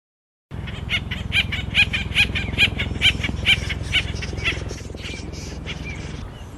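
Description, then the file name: Acorn woodpecker calls: a steady run of nasal, harmonic notes, about two per second, fading out toward the end, over constant low rumbling noise. Call and song. "burung pelatuk acorn call song omkicau"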